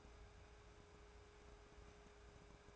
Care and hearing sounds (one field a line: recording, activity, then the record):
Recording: daily activity, microphone in the room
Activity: take from stove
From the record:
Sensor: 2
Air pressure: 1010.2 hPa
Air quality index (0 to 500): 160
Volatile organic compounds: 7 ppm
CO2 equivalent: 2013 ppm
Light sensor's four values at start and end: 42/100/45/51 and 41/100/45/50